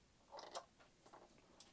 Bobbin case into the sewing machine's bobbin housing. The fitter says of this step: and just snaps in place there.